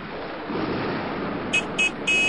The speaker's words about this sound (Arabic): في واحد بزمر يابا.